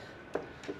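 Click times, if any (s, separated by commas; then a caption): 0.4 s. A removable battery pack is slid back into the deck of an electric drift board, with the pin pulled out so it locks in. A single sharp click at 0.4 seconds marks the battery seating, followed by a softer knock near 0.7 seconds, and the battery is locked into place.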